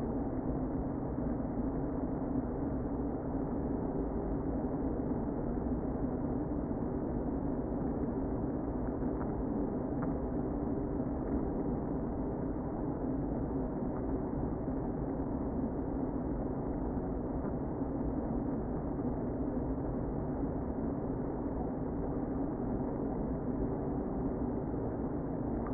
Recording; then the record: honeybee colony, microphone inside the hive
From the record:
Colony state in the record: queen present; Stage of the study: before two queens were removed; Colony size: about 60,000 bees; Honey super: yes